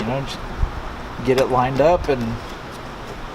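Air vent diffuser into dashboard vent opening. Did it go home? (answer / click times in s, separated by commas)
no / none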